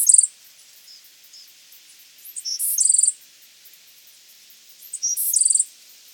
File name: Thryomanes bewickii - Bewick's Wren